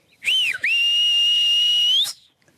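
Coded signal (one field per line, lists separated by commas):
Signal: whistled language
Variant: Silbo (Tenerife)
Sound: one loud gliding whistle: quick rise-fall, brief break, then long level tone rising at end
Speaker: Y el de mi padre que para lme a mí era este.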